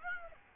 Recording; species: mosquito wingbeat signal from an infrared sensor; Aedes aegypti